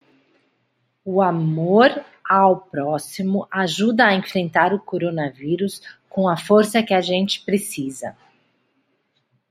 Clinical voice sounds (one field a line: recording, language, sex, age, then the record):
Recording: spoken sentence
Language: Brazilian Portuguese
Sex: female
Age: 40 to 49 years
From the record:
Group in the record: control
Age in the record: 44 years